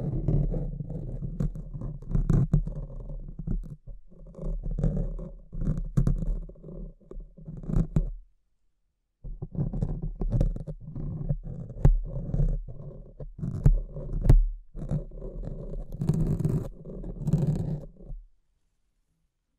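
Mic scratching: dense, low rubbing and scraping noise that rumbles continuously with uneven swells and sharp clicks and pops scattered throughout. The sound stops abruptly around eight seconds, resumes after about a second of silence, then cuts out again near eighteen seconds.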